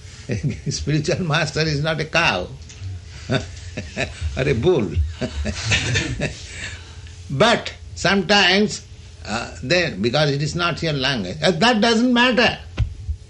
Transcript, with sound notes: spiritual master is not a cow, or a bull. [laughs] But sometimes they... Because it is not your language...
But that doesn't matter,